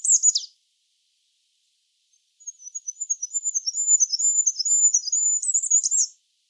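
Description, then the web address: Bird calls: a brief high chip, then after a pause a long, rapid, high-pitched twittering run of thin notes lasting about four seconds, with silence around it. "cianscape. Deverinetal 2025. Bird Only"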